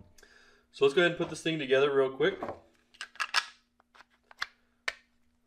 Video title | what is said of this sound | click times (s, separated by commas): Belfone BF 7110 Radio Unboxing and Review | that battery just goes on bottom and slides up clicks into place | 4.9 s